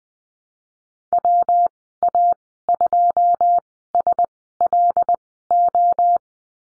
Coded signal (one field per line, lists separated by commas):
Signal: Morse code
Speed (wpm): 20 wpm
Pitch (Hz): 700 Hz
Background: none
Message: WA2SLO